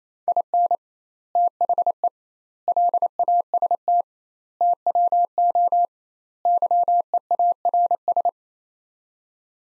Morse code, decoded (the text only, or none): IN THE LAST TWO YEARS